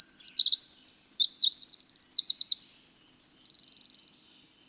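Winter wren singing a rapid, high cascade of warbled notes that rise and fall quickly, closing in a dense, even trill before stopping.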